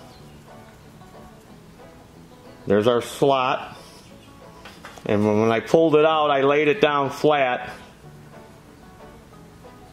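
Someone talks while a choke part is lined up at its slot in a Kawasaki engine's choke mechanism and laid down flat before being pushed in, with faint handling taps around 4.7 and 4.9 s. Nothing has seated or clicked yet.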